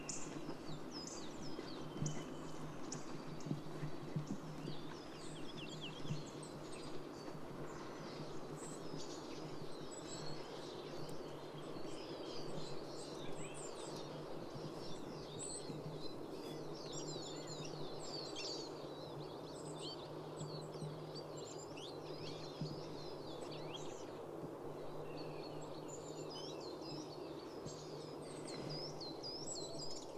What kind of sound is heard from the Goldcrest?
call